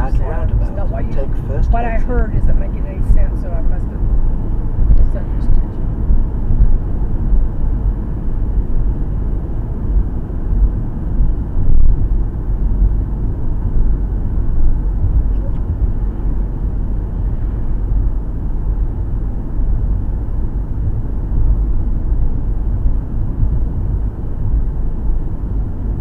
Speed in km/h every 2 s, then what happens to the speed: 85, 85, 85, 87, 85, 84, 82, 81, 79, 77, 77, 77, 76.
0-9 steady at about 85. 9-26 slows to 76.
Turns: none.